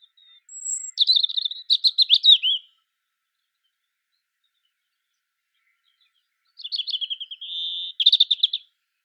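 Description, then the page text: European robin song: thin, high, trilling phrases with wavering notes, two bursts separated by several seconds of silence. "Птицы-целители - Зарянка (Erithacus rubecula)"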